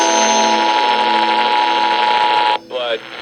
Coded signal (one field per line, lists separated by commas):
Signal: Emergency Alert System (SAME) tones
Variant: 853 and 960 Hz attention tone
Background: speech